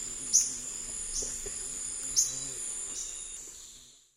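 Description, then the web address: Black-tailed flycatcher giving two sharp, very high chips about two seconds apart over a steady, loud insect drone. Eastern lowlands of South America. "Natures Songs S America Eastern Lowlands. Black-tailed Flycatcher"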